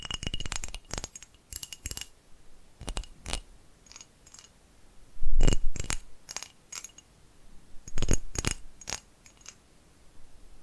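Sharp, bright taps in irregular clusters, some ringing faintly like coins, with short pauses between bursts and a heavier thump near five seconds.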